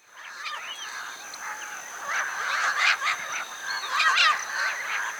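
Birds chirping and whistling together, a softer chorus that grows louder midway, with clusters of sharp high notes.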